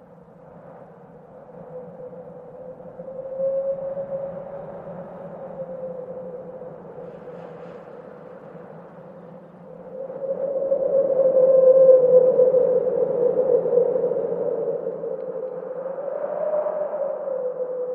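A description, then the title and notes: Wind moans in a low, hollow drone, with a steady rumble underneath, swelling noticeably around twelve seconds before easing to a softer whistle. WIND SOUNDS. It's a windy day.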